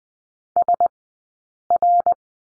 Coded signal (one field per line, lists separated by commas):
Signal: Morse code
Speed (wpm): 20 wpm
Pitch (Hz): 700 Hz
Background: none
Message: SR